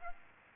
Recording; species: mosquito wingbeat signal from an infrared sensor; Aedes aegypti